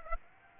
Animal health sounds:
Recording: mosquito wingbeat signal from an infrared sensor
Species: Aedes aegypti

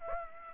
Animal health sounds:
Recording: mosquito wingbeat signal from an infrared sensor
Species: Aedes aegypti

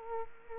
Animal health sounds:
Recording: mosquito wingbeat signal from an infrared sensor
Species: Culex quinquefasciatus

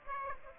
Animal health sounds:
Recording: mosquito wingbeat signal from an infrared sensor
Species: Aedes aegypti

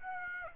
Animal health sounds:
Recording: mosquito wingbeat signal from an infrared sensor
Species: Aedes aegypti

